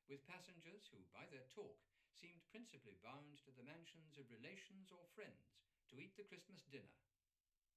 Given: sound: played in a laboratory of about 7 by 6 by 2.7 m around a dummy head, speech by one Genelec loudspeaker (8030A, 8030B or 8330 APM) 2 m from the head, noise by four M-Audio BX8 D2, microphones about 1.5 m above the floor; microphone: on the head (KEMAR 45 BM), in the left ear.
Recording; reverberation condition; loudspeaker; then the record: male speech in English; low; in front (0 degrees)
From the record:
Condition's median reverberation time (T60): about 310 ms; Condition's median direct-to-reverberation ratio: about 3.5 dB